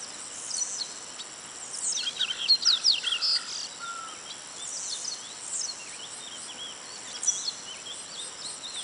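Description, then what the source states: Yellow-bellied seedeater uttering a short jumble of high, twittering notes, then quieter scattered chips, over a continuous high-pitched insect hum. Recorded 24 May 2011.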